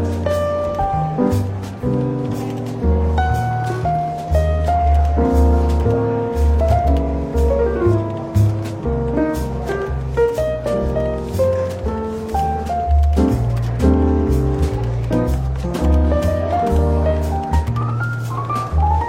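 Soft, relaxed jazz fills a bookshop café, with a steady walking bass line and mellow chords and melody notes moving above it throughout. The music stays even in loudness, with a faint murmur of café chatter underneath.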